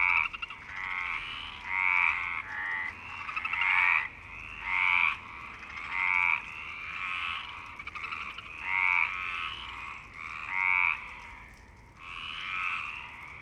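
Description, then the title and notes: Frogs calling in a dense chorus, overlapping rasping trills with nasal tonal bands, repeated many times by several callers. Frog chorus at Parc Longchamp, Marseille, Provence-Alpes-Côte d'Azur, France, 26 March 2011, 19:35; recorded with MixPre-6 and Basic Ucho. "Marseille, Provence-Alpes-Côte d'Azur, France - 26_03_11_19_35 Longchamps_004 grenouilles. Grenouilles au parc de Longchamp"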